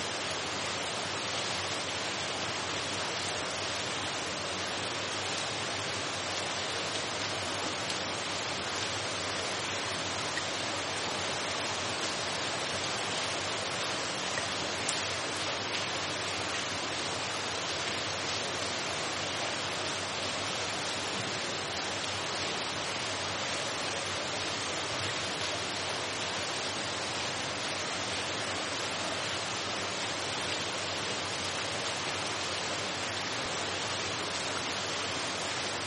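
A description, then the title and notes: Light rain falls in a steady, dense hiss of fine patter, bright and even throughout with no distinct drops or other sounds. Light Rain Sound.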